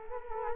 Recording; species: mosquito wingbeat signal from an infrared sensor; Culex quinquefasciatus